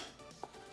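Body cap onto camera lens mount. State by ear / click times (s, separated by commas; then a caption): seated / 0.4 s. A body cap is lined up by its dot with the lens mount of a Canon 6D Mark II camera, pushed in and twisted. A single small, sharp click at 0.4 s marks the cap locking into place, against a steady low background.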